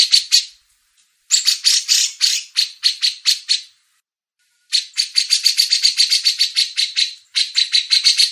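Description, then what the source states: Grey-cheeked bulbul song: bursts of harsh, rapidly repeated chattering notes, about three or four per second, broken by short silent gaps. Masteran training audio.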